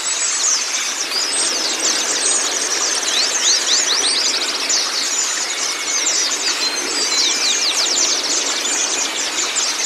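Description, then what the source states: White-eye: rapid, high, sweeping chirps and trills pile up into an unbroken shrill chatter, with some brief lower slurred notes mixed in. White-eye (pleci kacamata si putih) song, meant to get a silent (bisu) pleci singing constantly (gacor).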